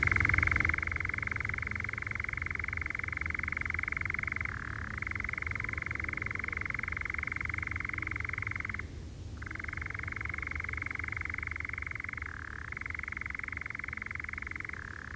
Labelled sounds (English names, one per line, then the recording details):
Eurasian Nightjar
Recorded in the wild
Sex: male
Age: adult
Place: Oerlinghausen, Teutoburger Wald, Nordrhein-Westfalen, DE
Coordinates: 51.9667, 8.66667
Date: 1972-06-04
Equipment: Uher 4200 Report Stereo, Bändchenmikro Beyer M 260, Parabolspiegel Polyester (600 mm)
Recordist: Conrads, Klaus
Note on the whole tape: Männchen: Gesang, Rufe